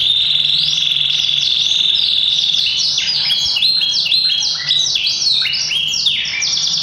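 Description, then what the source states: Yorkshire canary singing a sustained high whistle that breaks into a fast sequence of sweeping, bouncing notes and trills, with steady low background hum. Yorkshire canary singing a very long song.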